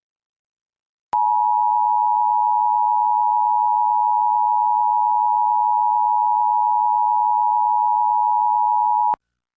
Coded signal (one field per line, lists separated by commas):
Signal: Emergency Alert System (SAME) tones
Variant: 853 and 960 Hz attention tone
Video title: EAS #1066-1067: 2 EAS Required Monthly Tests- Mar. 5, 2025- 10:14AM PST